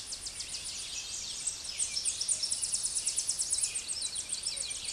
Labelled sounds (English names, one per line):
Tennessee Warbler song